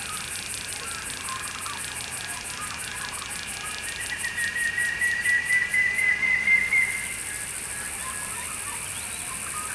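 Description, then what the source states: Cicada song, a fast series of high pulsed buzzes about twice a second that swell louder, then merge into one continuous shrill drone. Recorded in summer.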